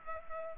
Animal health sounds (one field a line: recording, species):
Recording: mosquito wingbeat signal from an infrared sensor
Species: Culex pipiens